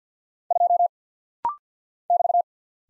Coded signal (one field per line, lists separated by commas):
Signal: Morse code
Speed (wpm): 48 wpm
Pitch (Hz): 700 Hz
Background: none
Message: 2 <BT>